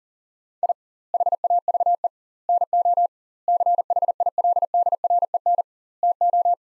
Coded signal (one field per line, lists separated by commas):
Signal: Morse code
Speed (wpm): 37 wpm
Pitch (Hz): 700 Hz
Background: none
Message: I HAVE NO CHILDREN TO